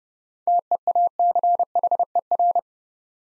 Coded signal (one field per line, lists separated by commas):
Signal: Morse code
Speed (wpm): 30 wpm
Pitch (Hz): 700 Hz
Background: none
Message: TEACHER